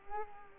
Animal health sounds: mosquito wingbeat signal from an infrared sensor; Culex quinquefasciatus

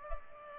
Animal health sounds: mosquito wingbeat signal from an infrared sensor; Culex pipiens

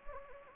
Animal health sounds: mosquito wingbeat signal from an infrared sensor; Anopheles gambiae

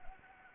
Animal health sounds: mosquito wingbeat signal from an infrared sensor; Anopheles arabiensis

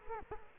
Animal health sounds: mosquito wingbeat signal from an infrared sensor; Culex quinquefasciatus

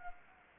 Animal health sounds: mosquito wingbeat signal from an infrared sensor; Anopheles gambiae

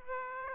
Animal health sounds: mosquito wingbeat signal from an infrared sensor; Aedes aegypti

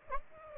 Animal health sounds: mosquito wingbeat signal from an infrared sensor; Aedes aegypti

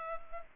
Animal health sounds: mosquito wingbeat signal from an infrared sensor; Culex pipiens

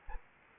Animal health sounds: mosquito wingbeat signal from an infrared sensor; Anopheles arabiensis

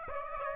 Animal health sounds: mosquito wingbeat signal from an infrared sensor; Aedes aegypti

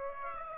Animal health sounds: mosquito wingbeat signal from an infrared sensor; Aedes aegypti

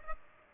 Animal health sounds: mosquito wingbeat signal from an infrared sensor; Culex pipiens

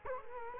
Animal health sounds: mosquito wingbeat signal from an infrared sensor; Culex quinquefasciatus

